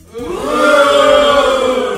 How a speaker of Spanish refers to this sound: Mira, mira, otro, pero más fuerte el abucheo. Uno para mí.